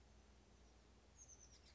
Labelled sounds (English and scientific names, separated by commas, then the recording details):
Oak Titmouse (Baeolophus inornatus)
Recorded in Sonoma County, California